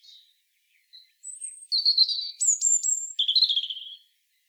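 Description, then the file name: European robin song: thin high whistles and trills, varied phrases jumping between pitches, sweet and liquid, some notes sliding high, with short pauses between parts. "Erithacus rubecula"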